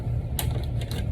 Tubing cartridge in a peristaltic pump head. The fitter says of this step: Um, to get these out of here, you have to kind of hear the click. You push it down